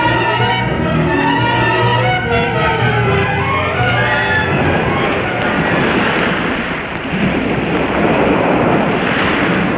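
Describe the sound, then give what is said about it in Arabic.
Loud stormy wind roars over the sea in a steady, churning wash of noise, with low sustained droning tones beneath it during the first few seconds; a violent storm whipping the sea into high waves, in a scene from Othello. “أرى الريح قد عصفت بالأرض عصفا شديدا مدويا، وزلزلت معاقلنا زلزلة لم نعهدها من قبل.”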